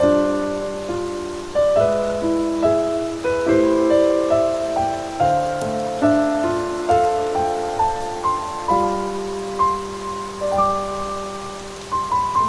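A soft, steady hiss of rain runs beneath a slow, mellow melody of sustained mid-pitched notes. A new note or chord arrives roughly every second, rings and fades, keeping an even, unhurried pace for the whole stretch.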